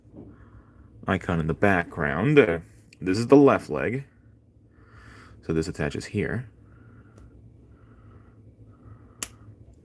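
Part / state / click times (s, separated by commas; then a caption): plastic figure leg into torso socket / seated / 9.2 s. Someone talks while holding the left leg of a plastic building-block figure, then pushes it onto the torso joint after a quiet pause. A single sharp click at 9.2 s marks the leg snapping into the torso socket, seated.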